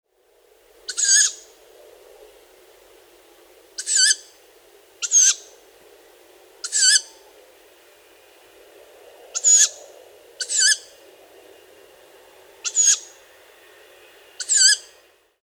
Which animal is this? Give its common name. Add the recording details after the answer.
Tawny Owl. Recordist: Tembrock, Günter. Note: Rufe flügger Jungvögel